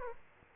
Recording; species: mosquito wingbeat signal from an infrared sensor; Aedes aegypti